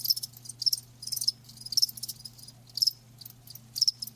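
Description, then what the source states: Cricket chirps, high and trilled, come in short pulsed bursts at uneven intervals above a soft continuous low hum. Live crickets chirping, a lulling song.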